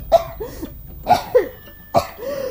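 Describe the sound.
A voice gives four short, raspy coughs at uneven intervals, imitating a sputtering little coal fire in a stove that draws poorly, with quiet gaps and no talking between the bursts.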